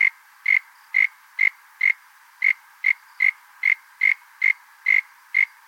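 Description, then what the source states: Frog giving a steady series of brief, sharp calls, roughly two per second, with one slightly longer gap midway and a soft background hiss. Unidentified frog species from Australia.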